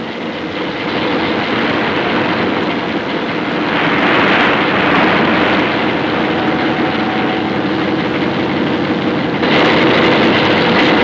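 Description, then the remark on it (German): A loud, steady mechanical roar of a submarine's heavy diesel engines starting up, a dense rumble with a rattling texture that swells slightly midway and shifts abruptly near the end; an exhaust valve breaks as they start. No voices. “Beim Anspringen der Diesel ist ein Auspuffventil gebrochen.”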